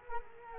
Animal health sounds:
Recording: mosquito wingbeat signal from an infrared sensor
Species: Culex quinquefasciatus

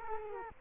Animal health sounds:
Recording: mosquito wingbeat signal from an infrared sensor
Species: Culex quinquefasciatus

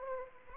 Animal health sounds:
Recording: mosquito wingbeat signal from an infrared sensor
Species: Anopheles arabiensis

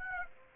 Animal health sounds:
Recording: mosquito wingbeat signal from an infrared sensor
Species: Aedes aegypti

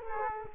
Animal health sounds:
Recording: mosquito wingbeat signal from an infrared sensor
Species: Culex quinquefasciatus

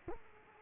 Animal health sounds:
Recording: mosquito wingbeat signal from an infrared sensor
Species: Culex quinquefasciatus

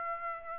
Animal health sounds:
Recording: mosquito wingbeat signal from an infrared sensor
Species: Aedes aegypti

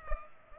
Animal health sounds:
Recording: mosquito wingbeat signal from an infrared sensor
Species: Culex pipiens

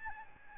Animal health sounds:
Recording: mosquito wingbeat signal from an infrared sensor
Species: Aedes albopictus

